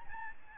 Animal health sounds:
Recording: mosquito wingbeat signal from an infrared sensor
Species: Aedes albopictus

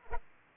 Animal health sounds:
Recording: mosquito wingbeat signal from an infrared sensor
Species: Aedes aegypti

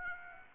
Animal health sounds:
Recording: mosquito wingbeat signal from an infrared sensor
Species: Aedes aegypti

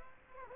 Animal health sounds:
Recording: mosquito wingbeat signal from an infrared sensor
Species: Aedes aegypti

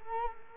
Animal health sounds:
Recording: mosquito wingbeat signal from an infrared sensor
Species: Culex quinquefasciatus

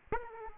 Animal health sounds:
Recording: mosquito wingbeat signal from an infrared sensor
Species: Aedes aegypti

